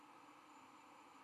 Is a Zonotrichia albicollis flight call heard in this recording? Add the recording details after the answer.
no. No flight call is heard. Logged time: 01:25 on 12 November 2014